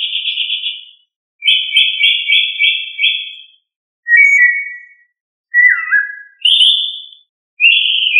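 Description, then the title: Thrush song of clear whistled phrases, some repeated in quick trills, one dipping and falling, separated by short pauses. Thrush family, Turdidae. "Familia Turdidae - Sabia"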